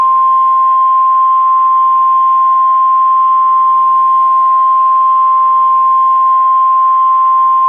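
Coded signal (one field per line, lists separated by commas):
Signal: Emergency Alert System (SAME) tones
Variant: 1050 Hz attention tone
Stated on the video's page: Simulated EAS tornado warning scenario, not a real alert.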